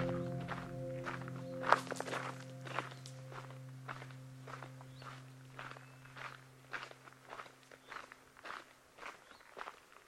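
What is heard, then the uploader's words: Footsteps at Ramsey Canyon Preserve in the Huachuca Mountains, crunching at a steady pace of roughly two per second, with a sharp knock near the two-second mark. A low, even hum sits underneath for most of the clip and fades out near the end. Today’s soundwalk was made on April 23, 2022 at Ramsey Canyon Preserve in the Huachuca Mountains of SE Arizona.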